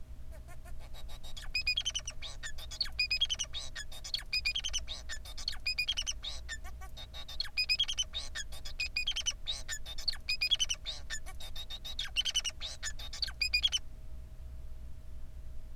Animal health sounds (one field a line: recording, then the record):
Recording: song of a male Bengalese finch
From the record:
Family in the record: son of father 4